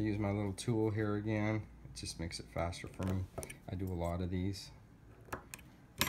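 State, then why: Seated. A crimped socket terminal is pushed with a small insertion tool into its cavity in a 14-pin wiring connector housing for a Bobcat pump control jumper. Someone talks over faint handling sounds, then a few small ticks come near 5.3 and 5.5 seconds. A sharp click at 6.0 seconds marks the socket locking into the housing, seated flush with the connector face.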